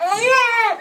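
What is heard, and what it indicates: A brief, tonal infant cry with a clear harmonic pitch that rises and then falls: the 'neh' sound of the Dunstan Baby Language, one of five proposed universal words that newborns make as they start crying, here signalling hunger. The scheme is not well backed by science.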